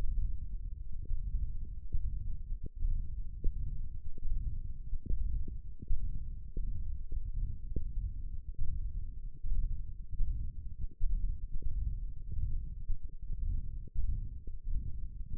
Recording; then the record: forearm muscle sounds (acoustic myography)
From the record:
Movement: ulnar deviation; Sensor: system 1, eight BSWA MPA416 microphones around the upper forearm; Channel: 2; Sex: male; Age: 21 years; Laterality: right